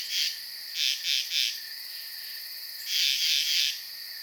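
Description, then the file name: Insects give a few quick pulsing bursts, a pause, then another run of pulses, over a constant high hum. Night ambience. "Blastwave FX Night Insects Frogs"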